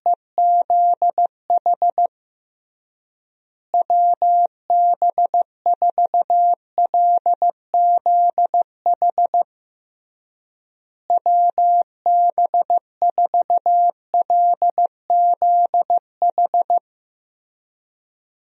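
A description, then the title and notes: A call sign tapped out three times in Morse code, each pass a run of short and long beeps on a single steady mid-pitched tone. The groups come at about 0, 4 and 11 seconds, separated by silent gaps, with nothing else underneath. USA Call Signs - 6 Characters - Repeated 3x - 15wpm. First, the call sign is sent three times in Morse code.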